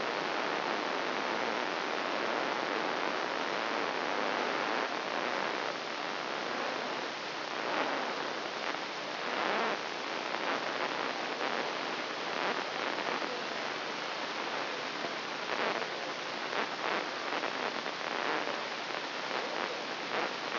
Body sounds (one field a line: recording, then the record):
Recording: brain microelectrode recording played as sound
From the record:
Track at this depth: inside the subthalamic nucleus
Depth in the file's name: 3.508 mm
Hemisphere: left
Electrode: 2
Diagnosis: Parkinson's disease